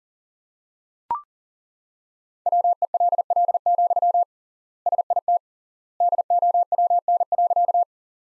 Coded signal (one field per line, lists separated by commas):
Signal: Morse code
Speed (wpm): 40 wpm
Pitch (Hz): 700 Hz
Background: none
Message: WELL, SIT DOWN.